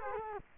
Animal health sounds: mosquito wingbeat signal from an infrared sensor; Culex quinquefasciatus

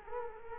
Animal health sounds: mosquito wingbeat signal from an infrared sensor; Culex quinquefasciatus

